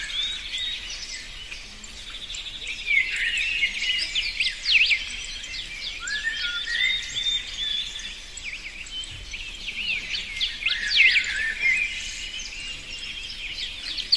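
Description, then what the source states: Bird chorus of rapid, busy chirps and twittering trills, building in the middle and again toward the end, over a steady hiss. Birds singing in a forest.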